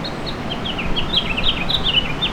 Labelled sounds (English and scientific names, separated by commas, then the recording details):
House Finch (Haemorhous mexicanus) song
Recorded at Patchogue on Long Island, New York, on 21 June 2013
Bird F